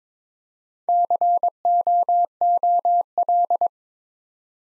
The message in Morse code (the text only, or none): COOL